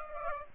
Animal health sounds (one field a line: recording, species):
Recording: mosquito wingbeat signal from an infrared sensor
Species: Aedes aegypti